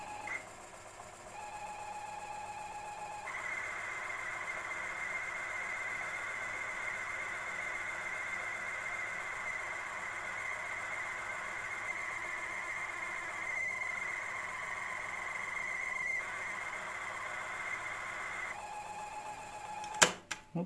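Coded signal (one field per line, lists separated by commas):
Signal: ZX Spectrum tape loading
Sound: steady wavering lead tone with buzzy harmonic sections, ending in a few clicks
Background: tape hiss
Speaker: загрузчик небольшой буквально 30 секунд занимает его загрузка Вот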